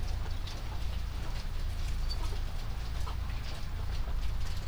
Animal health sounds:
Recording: poultry house recording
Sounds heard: sick chickens (respiratory disease)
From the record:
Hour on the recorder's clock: 23

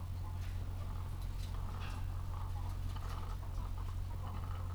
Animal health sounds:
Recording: poultry house recording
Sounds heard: sick chickens (respiratory disease)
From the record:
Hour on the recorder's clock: 14

